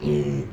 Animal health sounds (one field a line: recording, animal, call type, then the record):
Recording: contact call of a hoofed animal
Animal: pig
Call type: closed-mouth grunt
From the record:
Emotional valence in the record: negative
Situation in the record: short social isolation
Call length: 0.53 s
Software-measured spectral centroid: 1400 Hz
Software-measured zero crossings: 810 a second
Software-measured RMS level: -24 dBFS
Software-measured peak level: -11 dBFS